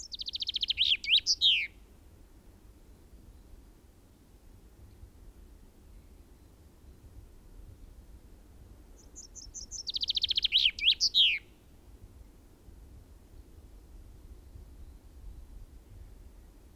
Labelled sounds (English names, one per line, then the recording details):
Common Chaffinch
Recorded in the wild
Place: Ehrwald, Tirol, AT
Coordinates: 47.4, 10.9183
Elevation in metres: 980
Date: 1968-04-17
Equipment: Uher 4000, Sennheiser MKH 405, Parabolreflektor
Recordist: Tretzel, Erwin